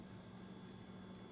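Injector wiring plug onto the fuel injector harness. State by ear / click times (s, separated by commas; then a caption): not seated / none. The first of two injector wiring plugs is handled on top of a 2019–24 6.7L Cummins engine, about to be pushed onto the fuel injector harness until it clicks in. Only a steady low hum with a thin high tone and faint handling noise is heard; nothing has seated or clicked yet.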